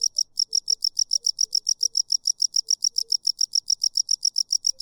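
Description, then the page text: Cricket giving rapid, evenly spaced high chirps, roughly three or four each second, over an otherwise quiet background. Single cricket or cicada playing away, stopping occasionally then continuing; swamp, marsh and woods setting. "Single Cricket Long: A single cricket, cicada, playing away. Stops occasionally, then continues. Swamp, Marsh & Woods"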